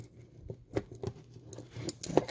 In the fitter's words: there we go snaps